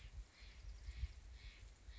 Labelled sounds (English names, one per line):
Steller's Jay